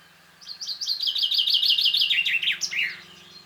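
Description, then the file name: Common chaffinch song, a rapid run of repeated chipping notes that drops in pitch into a short terminal flourish, with faint low hum behind. "Fringilla coelebs"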